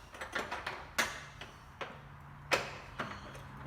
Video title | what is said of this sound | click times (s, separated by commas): Porsche 981 front bumper | the L one is going to put that tool in there until it locks into place | 1.0 s